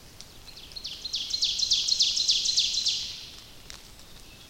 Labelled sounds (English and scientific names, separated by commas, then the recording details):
Ovenbird (Seiurus aurocapilla) song
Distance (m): 55 m
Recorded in boreal forest in Alberta, Canada, on 29 May 2016 at 06:11
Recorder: SongMeter 3, array SBT-3-49
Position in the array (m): 71 m, 261 m
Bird 14